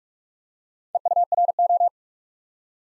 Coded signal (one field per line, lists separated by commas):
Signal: Morse code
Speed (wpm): 44 wpm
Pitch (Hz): 700 Hz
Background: none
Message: EURO